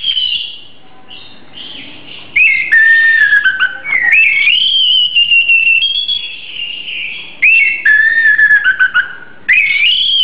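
Oriental magpie-robin song of clear, loud whistled phrases sliding up and down, with some trilled notes.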